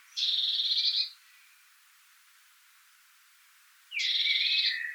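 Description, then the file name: Eurasian blue tit giving two harsh buzzy churrs, each nearly a second long, separated by about three seconds of quiet. "Cyanistes caeruleus"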